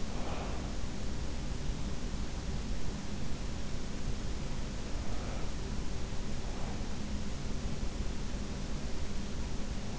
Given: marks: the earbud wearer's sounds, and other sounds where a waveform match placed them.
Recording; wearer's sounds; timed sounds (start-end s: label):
sounds in sleep by an in-ear microphone; breath
0.00-0.75 s: breath